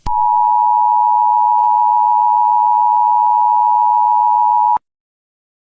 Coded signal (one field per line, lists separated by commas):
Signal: Emergency Alert System (SAME) tones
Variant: 853 and 960 Hz attention tone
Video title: Russian invasion of usa (fall of America)eas scenario